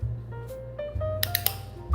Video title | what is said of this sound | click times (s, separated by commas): 🔴 3D wooden puzzle: Kissa Coffee House. Part 3 | Heard a click. | 1.5 s